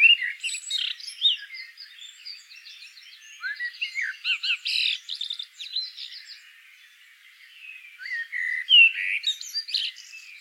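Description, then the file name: Common blackbird song with jumbled twittering and scratchy buzzy notes, loud at the start, fading in the middle, then rising again with clear whistled slurs. "Turdus merula"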